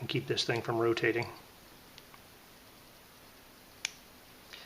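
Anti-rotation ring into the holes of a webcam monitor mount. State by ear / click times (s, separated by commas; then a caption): seated / 3.8 s. Someone talks, then a popped-off anti-rotation retaining ring is pressed back into the locating holes of the monitor mount on an EMEET C960 Ultra USB-C webcam. After two faint ticks, it snaps into place with one sharp click at 3.9 s, and the ring is seated.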